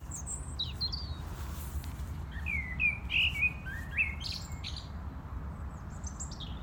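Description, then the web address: European robin song: short bursts of high, thin, warbling notes separated by pauses, over a noticeable low rumble in the background. "rotkehlchen"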